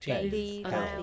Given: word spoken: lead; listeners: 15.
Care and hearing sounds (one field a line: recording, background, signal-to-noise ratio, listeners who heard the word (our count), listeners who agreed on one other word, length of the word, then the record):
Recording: one English word in noise, from a listening test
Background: four-talker babble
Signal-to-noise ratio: -2.6 dB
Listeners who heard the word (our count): 0 of 15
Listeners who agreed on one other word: 6 of 15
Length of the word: 0.63 s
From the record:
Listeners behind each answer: 6, 6, 1, 1, 1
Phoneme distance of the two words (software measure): 10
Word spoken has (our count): 1 syllable, 3 phonemes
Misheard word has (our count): 1 syllable, 3 phonemes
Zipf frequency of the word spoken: 5.18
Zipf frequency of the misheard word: 5.49